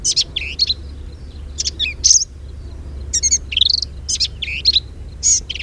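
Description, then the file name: Black-capped vireo singing varied short phrases of buzzy, scratchy notes and thin rising whistles, delivered in quick uneven bursts above a low background rumble. Recorded 10 May 2007. "2007-05-10 Black-capped Vireo"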